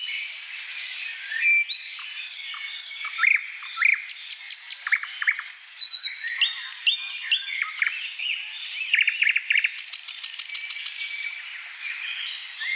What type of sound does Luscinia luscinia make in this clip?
song